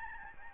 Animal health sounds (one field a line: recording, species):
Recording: mosquito wingbeat signal from an infrared sensor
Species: Aedes albopictus